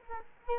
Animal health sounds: mosquito wingbeat signal from an infrared sensor; Culex quinquefasciatus

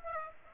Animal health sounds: mosquito wingbeat signal from an infrared sensor; Aedes aegypti

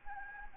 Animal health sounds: mosquito wingbeat signal from an infrared sensor; Anopheles gambiae

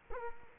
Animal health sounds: mosquito wingbeat signal from an infrared sensor; Culex quinquefasciatus

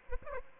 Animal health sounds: mosquito wingbeat signal from an infrared sensor; Aedes aegypti

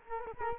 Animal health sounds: mosquito wingbeat signal from an infrared sensor; Culex quinquefasciatus

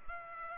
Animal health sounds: mosquito wingbeat signal from an infrared sensor; Culex pipiens

